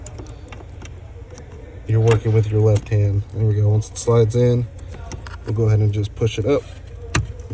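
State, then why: Seated. While someone talks, an installer working left-handed and partly blind in a tight slot slides a remote start harness connector into its slot or bracket on a 2021-2025 Ford Bronco and pushes it up. A single sharp, loud snap at 7.2 s marks the connector locking in place, and it is confirmed seated.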